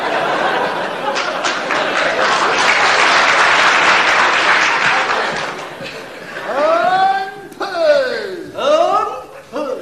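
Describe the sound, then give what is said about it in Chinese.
Dense, steady audience applause fills the first six seconds, a loud wash of many hands clapping, then it thins out as voices with swooping, rising and falling pitch take over. “你看我还没出去就鼓掌。”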